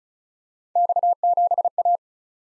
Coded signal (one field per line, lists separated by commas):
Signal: Morse code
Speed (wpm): 36 wpm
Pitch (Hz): 700 Hz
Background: none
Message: X7A